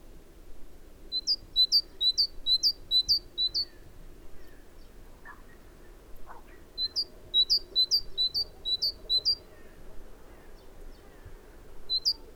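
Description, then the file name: Great tit song: two long runs of high, clear two-note phrases at a quick, regular beat, separated by a few seconds of quiet. "Parus major"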